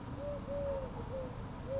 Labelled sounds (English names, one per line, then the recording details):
Eurasian Collared Dove
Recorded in Sonoma County, California